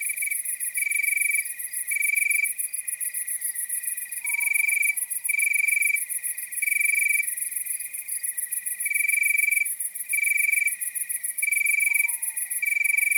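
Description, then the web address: Crickets chirping in repeated loud trilled bursts over a constant shrill insect chorus, with a faint descending whistle twice. Nocturnal wasteland soundscape at night. "Nature Chill Out 2014. Toads, Nighthawks and Crickets"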